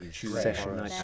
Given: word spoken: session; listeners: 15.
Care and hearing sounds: one English word in noise, from a listening test; four-talker babble; -0.5 dB; 3 of 15; 8 of 15; 0.63 s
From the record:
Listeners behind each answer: 8, 3, 1, 1, 1, 1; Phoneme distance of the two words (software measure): 7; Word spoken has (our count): 2 syllables, 4 phonemes, stress on syllable 1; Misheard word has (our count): 2 syllables, 5 phonemes, stress on syllable 1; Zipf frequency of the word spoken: 4.33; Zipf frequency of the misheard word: 3.79

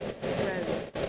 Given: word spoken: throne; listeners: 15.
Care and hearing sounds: one English word in noise, from a listening test; noise modulated by three-talker babble; -6.0 dB; 0 of 15; 8 of 15; 0.69 s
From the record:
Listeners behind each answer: 8, 2, 2, 1, 1, 1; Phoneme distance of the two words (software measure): 17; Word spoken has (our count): 1 syllable, 4 phonemes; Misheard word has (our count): 1 syllable, 3 phonemes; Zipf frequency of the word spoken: 4.00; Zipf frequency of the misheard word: 5.28

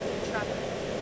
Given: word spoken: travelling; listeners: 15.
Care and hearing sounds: one English word in noise, from a listening test; speech-shaped noise; -6.0 dB; 0 of 15; 8 of 15; 0.61 s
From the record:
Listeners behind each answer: 8, 3, 1, 1, 1, 1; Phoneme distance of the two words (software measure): 21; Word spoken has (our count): 3 syllables, 8 phonemes, stress on syllable 1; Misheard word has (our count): 2 syllables, 5 phonemes, stress on syllable 1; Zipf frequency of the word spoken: 4.63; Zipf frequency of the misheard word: 4.82

